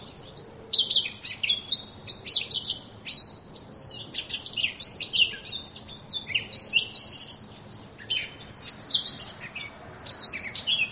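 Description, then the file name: Eurasian blackcap song, a fast unbroken warble of varied high chirps and scratchy notes running through the whole passage with only brief dips. "moenchsgrasmuecke"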